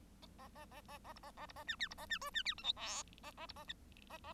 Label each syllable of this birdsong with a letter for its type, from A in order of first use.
A A A A A B A A B A C D B A C E C D F G H A A B A I A A